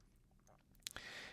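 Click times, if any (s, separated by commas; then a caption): 0.9 s. The push-pull crown of a mechanical watch is pulled out in the watch case to its first click position to set the moon phase. A sharp click is heard at 0.9 s, followed by a few smaller ticks and a soft hiss. The crown is released to its first position.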